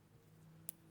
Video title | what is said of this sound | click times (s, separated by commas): Hot wheels '64 Shelby Cobra 427 make over --custom/restoration | you just clicks right in and | 0.7 s